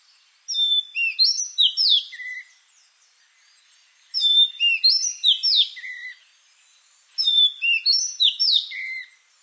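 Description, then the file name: Madagascar magpie-robin singing three near-identical phrases of rich whistles and slurred notes, each about two seconds long, repeated at roughly three- to four-second intervals in quiet surroundings. "Kacer Madagaskar"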